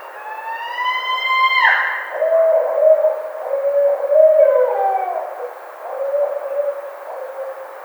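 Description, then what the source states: Barred owl calls, opening with a high rising then sharply falling wail, followed by a run of lower wavering hoots and cackling notes. Recorded 2009-05-07.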